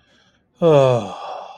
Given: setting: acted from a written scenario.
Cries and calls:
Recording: vocal sound without words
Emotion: relief

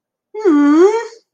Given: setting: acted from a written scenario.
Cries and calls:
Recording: vocal sound without words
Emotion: adoration

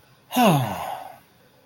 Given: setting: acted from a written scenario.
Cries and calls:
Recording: vocal sound without words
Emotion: serenity

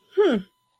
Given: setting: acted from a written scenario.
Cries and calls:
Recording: vocal sound without words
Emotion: realization

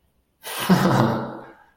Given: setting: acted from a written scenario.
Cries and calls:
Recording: vocal sound without words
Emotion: amusement

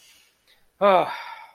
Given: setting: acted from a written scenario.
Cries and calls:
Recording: vocal sound without words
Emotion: serenity

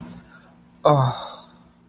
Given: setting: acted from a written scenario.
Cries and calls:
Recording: vocal sound without words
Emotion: ecstasy

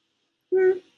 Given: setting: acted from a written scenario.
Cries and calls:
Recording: vocal sound without words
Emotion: neutral

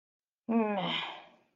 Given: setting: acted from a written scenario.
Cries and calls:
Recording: vocal sound without words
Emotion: neutral

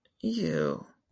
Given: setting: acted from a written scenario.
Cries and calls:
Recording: vocal sound without words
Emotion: disgust

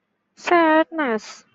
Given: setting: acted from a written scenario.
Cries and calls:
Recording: vocal sound without words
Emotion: sadness

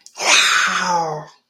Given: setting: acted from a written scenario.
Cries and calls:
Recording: vocal sound without words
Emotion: negative surprise

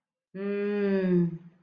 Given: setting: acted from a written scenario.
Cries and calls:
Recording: vocal sound without words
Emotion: relief

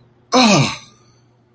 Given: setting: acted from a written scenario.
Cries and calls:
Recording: vocal sound without words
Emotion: realization

